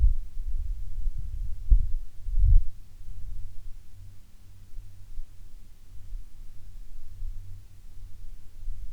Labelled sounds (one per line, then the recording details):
aircraft
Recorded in the Prudhoe Bay oil fields, Alaska, on 10 June 2019 at 17:34
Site 11